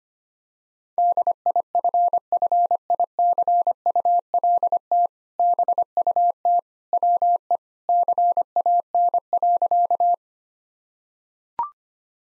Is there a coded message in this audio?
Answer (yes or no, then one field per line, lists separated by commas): yes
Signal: Morse code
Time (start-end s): 1.0-10.1 s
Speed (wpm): 25 wpm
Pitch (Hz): 700 Hz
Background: none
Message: DIFFICULT BUT WE CAN.